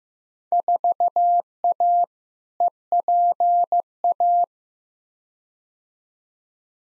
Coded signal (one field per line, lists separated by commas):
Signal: Morse code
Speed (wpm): 15 wpm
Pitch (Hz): 700 Hz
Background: none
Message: 4A EPA